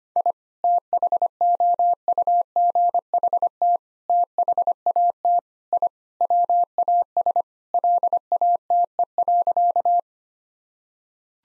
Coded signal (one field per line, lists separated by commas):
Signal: Morse code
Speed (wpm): 25 wpm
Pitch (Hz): 700 Hz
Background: none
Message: I THOUGHT THAT I WAS LATE.